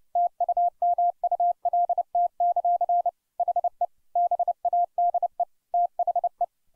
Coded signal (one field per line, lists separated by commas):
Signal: Morse code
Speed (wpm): 29 wpm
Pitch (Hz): 700 Hz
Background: none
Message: TUMULT; HE BADE THE